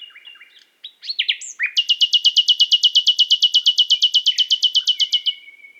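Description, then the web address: Common nightingale song: a few varied opening notes, then a long, fast, evenly repeated rattling trill of sharp notes. "SETE data Luscinia megarhynchos"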